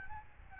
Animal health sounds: mosquito wingbeat signal from an infrared sensor; Aedes albopictus

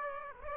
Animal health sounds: mosquito wingbeat signal from an infrared sensor; Aedes aegypti

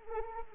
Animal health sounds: mosquito wingbeat signal from an infrared sensor; Anopheles arabiensis

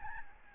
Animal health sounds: mosquito wingbeat signal from an infrared sensor; Aedes albopictus

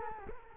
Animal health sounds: mosquito wingbeat signal from an infrared sensor; Culex quinquefasciatus

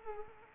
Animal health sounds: mosquito wingbeat signal from an infrared sensor; Culex quinquefasciatus

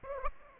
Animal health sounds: mosquito wingbeat signal from an infrared sensor; Aedes aegypti

